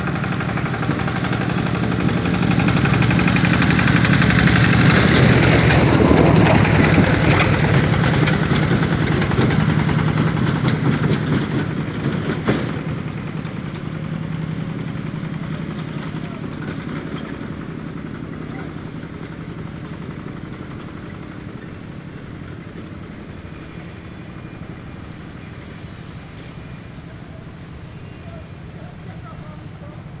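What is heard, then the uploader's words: A tractor rumbles past a construction site, its engine growing loud between about three and twelve seconds before easing away. After that a steady low engine drone continues, gradually fading, with faint clatter and a voice in the background. Tractor traffic. Construction site.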